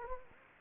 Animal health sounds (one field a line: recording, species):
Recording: mosquito wingbeat signal from an infrared sensor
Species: Anopheles gambiae